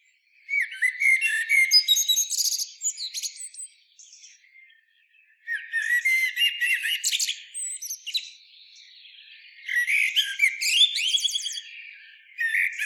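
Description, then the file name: Eurasian blackbird song: three warbled phrases, each opening with lower fluted notes and ending in high, squeaky twittering, separated by short pauses, with a fourth phrase starting at the end. "Turdus merula"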